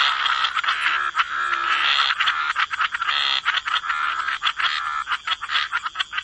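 Dense chorus of frogs, loud overlapping croaks and rattling trills, with a rapid stuttering rhythm in the second half.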